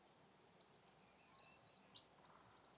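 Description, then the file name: Eurasian wren song fragment: high, fast trill of sharp notes beginning after half a second and continuing to the end. "Troglodytes troglodytes"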